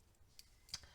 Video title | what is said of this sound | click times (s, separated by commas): GRWM Maquillage Petit Prix : The Ordinary, Etude House, Maybelline, Sephora Collection... | peut pas couler dans une trousse de toilette dans la valise il faut voilà le déverrouiller | 0.4 s, 0.7 s